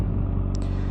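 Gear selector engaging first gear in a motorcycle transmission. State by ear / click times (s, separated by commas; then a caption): seated / 0.5 s. With the clutch pulled in and the engine rumbling at idle, the rider of a Honda CBR600RR motorcycle steps down on the shift lever. A single sharp clunk at 0.6 s from the transmission's gear selector confirms the gearbox has engaged first gear.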